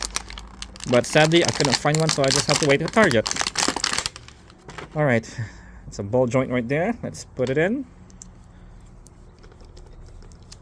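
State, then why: Not seated. A plastic toy figure leg is lined up on its hip ball joint while someone talks, with faint handling clicks and rustles of the parts between phrases. No snap is heard in this stretch, and the leg has not yet seated on the ball joint.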